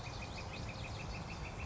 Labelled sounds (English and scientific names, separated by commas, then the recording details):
Northern Flicker (Colaptes auratus)
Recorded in Sonoma County, California